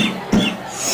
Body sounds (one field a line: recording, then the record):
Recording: coughing mixed with background sound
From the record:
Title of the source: Spring Cold Coughing 3